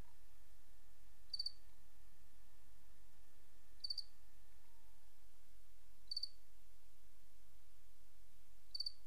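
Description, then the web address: Cricket chirps spaced about two and a half seconds apart, each a short pulsed burst, over a faint steady tone and low hum. "Sabda Alam Crickets"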